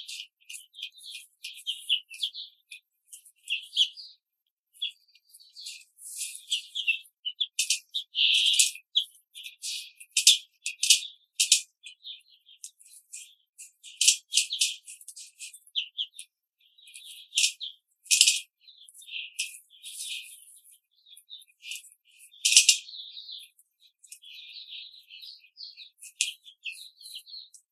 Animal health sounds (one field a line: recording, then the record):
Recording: young laying hens in a cage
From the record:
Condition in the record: control cage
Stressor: none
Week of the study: 5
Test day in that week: 1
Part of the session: 2